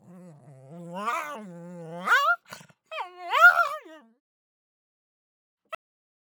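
Pug whining in a low drawn-out tone, then breaking into two higher yelping cries that rise and fall, followed by silence and a brief click.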